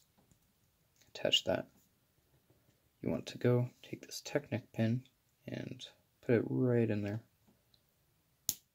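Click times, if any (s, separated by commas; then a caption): 8.5 s. A plastic Technic pin is pushed into the hole of a plastic toy brick while someone talks. A single sharp, loud click at 8.5 s shows the pin seated in place.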